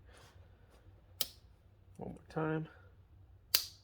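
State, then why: Seated. On a 2010 Audi Q5 3.2L V6 FSI Quattro, the plastic adapter of a new front windshield wiper blade is pushed onto the small metal rod of the wiper arm while someone talks. A sharp tick at 1.2 s and some handling noise come first, then a loud, crisp snap at 3.6 s as the adapter clicks into its slot and is confirmed seated.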